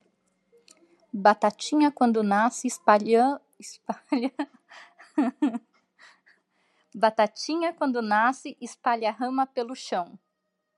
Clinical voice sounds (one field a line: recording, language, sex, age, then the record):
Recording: short text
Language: Brazilian Portuguese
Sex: female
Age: 40 to 49 years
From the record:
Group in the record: control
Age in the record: 42 years